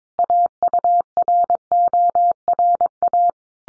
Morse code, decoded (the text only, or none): AURORA